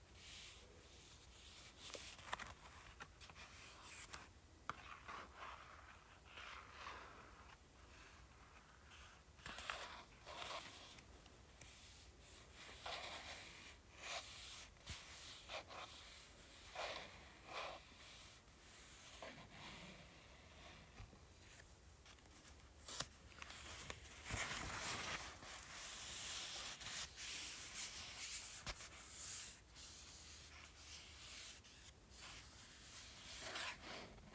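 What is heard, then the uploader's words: Tapping and scratching on a paperback book, with quick dry rubs and taps arriving in uneven clusters throughout. The scratches sound crisp and bright, growing busier and denser after about twenty-four seconds, over a faint low hum. ASMR Tapping and Scratching Paperback Book.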